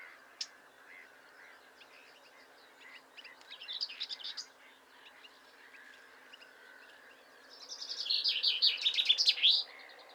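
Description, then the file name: Common chaffinch song, a faint phrase midway, then a louder rattling, tumbling run of high notes near the end, set against a steady hiss of background noise. "Pinson des arbres Fringilla coelebs"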